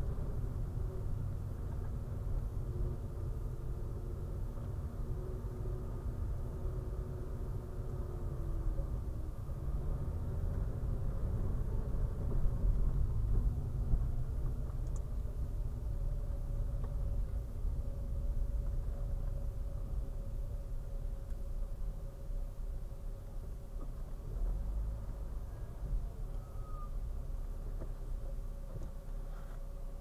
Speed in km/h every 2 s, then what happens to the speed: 14, 14, 15, 13, 16, 17, 13, 11, 10, 7, 6, 5, 5, 0, 0.
0-10 steady at about 14. 10-26 slows to 0. 26-30 standing.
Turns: 13-17.